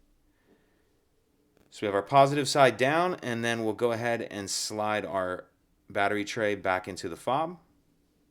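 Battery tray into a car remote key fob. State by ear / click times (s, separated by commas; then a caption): not seated / none. Someone talks while sliding the plastic battery tray, holding a new coin cell positive side down, back into the remote key fob of a 2009–2016 Audi S4, with faint brief ticks near 1.6 s. The tray is being handled but nothing has seated or clicked yet.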